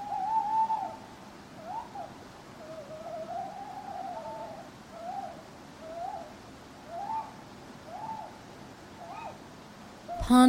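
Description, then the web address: Owl hoots, a wavering series of long and short hoots through the recording, ending with a sudden loud knock or strike. Owls hooting at night in a churchyard. "birds backgrounds churchyard night owls hooting clock strike"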